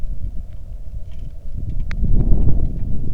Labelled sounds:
wind
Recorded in the Arctic National Wildlife Refuge, Alaska, on 3 August 2019 at 09:14
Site 46

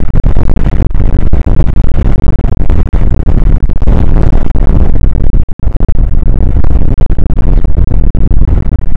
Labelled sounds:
wind
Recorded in the Prudhoe Bay oil fields, Alaska, on 29 May 2019 at 00:01
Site 25

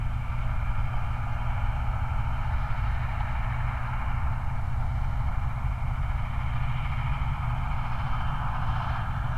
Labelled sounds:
truck
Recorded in the Prudhoe Bay oil fields, Alaska, on 29 July 2019
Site 29

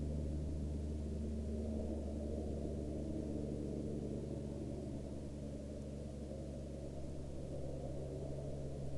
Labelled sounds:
aircraft
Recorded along the Dempster Highway, Canada, on 3 April 2020 at 11:05
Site 16

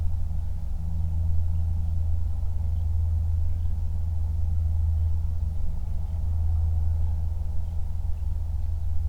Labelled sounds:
songbird
aircraft
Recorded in the Prudhoe Bay oil fields, Alaska, on 31 July 2019 at 08:44
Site 24

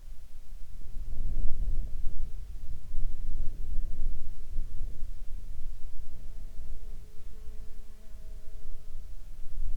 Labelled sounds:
helicopter
insects
weather or water
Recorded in the Arctic National Wildlife Refuge, Alaska, on 18 July 2021 at 20:10
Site 43

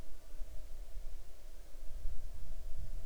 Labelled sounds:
bird
wind
insects
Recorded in the Arctic National Wildlife Refuge, Alaska, on 6 July 2019 at 00:10
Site 39

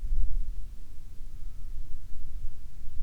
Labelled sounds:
bird
wind
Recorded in the Prudhoe Bay oil fields, Alaska, on 7 August 2019 at 13:53
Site 17

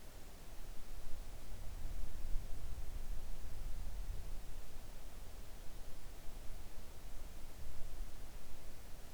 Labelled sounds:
near silence
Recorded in the Arctic National Wildlife Refuge, Alaska, on 3 August 2019 at 05:15
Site 41

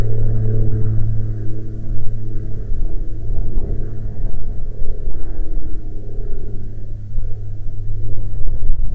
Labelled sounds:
wind
aircraft
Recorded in the Prudhoe Bay oil fields, Alaska, on 7 July 2019 at 10:06
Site 14

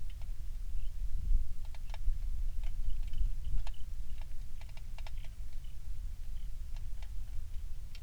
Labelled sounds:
songbird
rain
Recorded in the Prudhoe Bay oil fields, Alaska, on 27 July 2019 at 19:15
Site 19

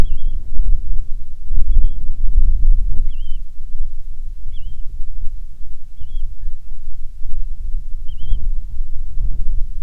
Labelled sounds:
bird
wind
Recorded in the Prudhoe Bay oil fields, Alaska, on 6 August 2019 at 05:21
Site 22

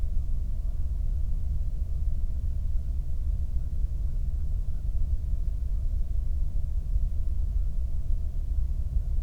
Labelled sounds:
near silence
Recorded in the Prudhoe Bay oil fields, Alaska, on 22 May 2019 at 01:08
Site 19

